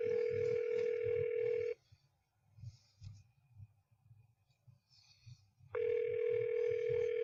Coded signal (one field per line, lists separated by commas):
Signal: telephone call progress tone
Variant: North America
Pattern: ringback tone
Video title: The Phone Show Episode 9: Farting in Church